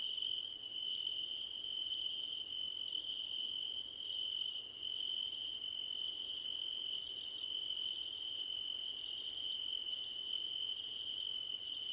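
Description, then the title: A chorus of crickets: continuous high trill plus repeated bursts of rapid, very high chirping with short gaps. Crickets at night under a starlit sky. "Nighttime Ambience with Crickets"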